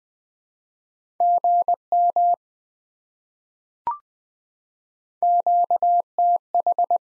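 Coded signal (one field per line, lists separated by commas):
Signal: Morse code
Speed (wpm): 20 wpm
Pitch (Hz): 700 Hz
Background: none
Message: GM QTH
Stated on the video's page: Morse code QSO elements at 20 wpm, each sent, spoken, then sent again.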